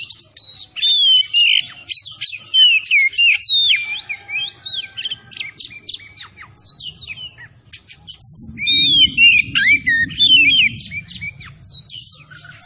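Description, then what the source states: Oriental magpie-robin pouring out a near-continuous song of sharp whistles and slurred notes, with a short lull midway and low rumbling noise later on. Kacer from Tretes, singing vigorously in gacor style.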